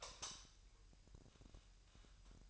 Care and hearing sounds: daily activity, microphone in the room; light off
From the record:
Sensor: 2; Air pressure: 1001.8 hPa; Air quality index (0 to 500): 238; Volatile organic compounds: 30 ppm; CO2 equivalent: 2955 ppm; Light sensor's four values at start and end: 9/24/10/9 and 4/10/4/4

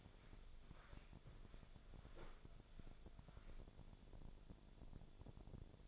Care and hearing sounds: daily activity, microphone in the room; walk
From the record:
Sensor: 5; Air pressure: 1000.6 hPa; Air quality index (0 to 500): 136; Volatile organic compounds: 2 ppm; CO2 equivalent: 1056 ppm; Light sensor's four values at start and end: 45/106/44/46 and 45/106/44/46

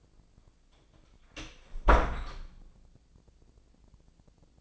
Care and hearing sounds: daily activity, microphone in the room; close door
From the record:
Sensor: 5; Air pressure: 1009.3 hPa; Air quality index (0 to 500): 168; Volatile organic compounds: 2 ppm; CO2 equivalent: 1282 ppm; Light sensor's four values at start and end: 169/402/170/185 and 167/397/168/182

